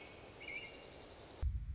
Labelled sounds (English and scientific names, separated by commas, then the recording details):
American Robin (Turdus migratorius)
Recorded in Sonoma County, California